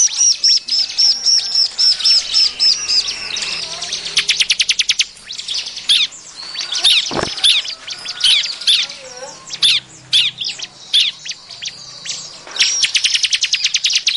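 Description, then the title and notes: Bar-winged Prinia song, a busy mix of high chirps and sharp notes, with fast rattling bursts about a third of the way in and again near the end. Ciblek Prenjak calls, intended as masteran tutor calls for training songbirds. "Kompilasi Suara Ciblek Prenjak Cocok Untuk Masteran. Kicau Burung Prenjak Ciblek"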